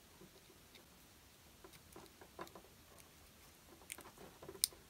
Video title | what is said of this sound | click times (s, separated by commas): Ural OBD2 Cable Molex Connector Pin Swap for Retro Models | definite click and when you're done and you have them all clicked in this should push back and it locks them in | 4.6 s